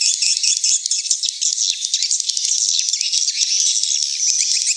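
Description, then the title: Swiftlet twittering calls, a dense, continuous chorus of high, rapid chirps and rattling trills with no pauses throughout. Swiftlet house lure sound from Tien Giang, Vietnam, AKAU brand track used to attract swiftlets to a bird house. "Am thanh nha yen Akau Vietnam - Tien giang"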